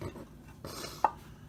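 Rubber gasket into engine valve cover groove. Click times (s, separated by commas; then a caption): 1.0 s. A new rubber valve cover gasket for a 1994 Toyota Corolla 2.2 is laid into the groove of the metal valve cover with both hands and pressed down, with soft handling rustles and a broader scuffing sound at about 0.7 s. A sharp, brief click at 1.1 s marks the gasket seating down into the groove, as expected.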